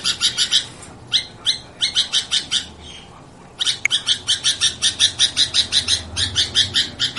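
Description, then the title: Sooty-headed bulbul chirping in quick bursts of sharp, noisy notes, pausing for about a second before resuming a steady rapid series. "Suara Burung Kutilang"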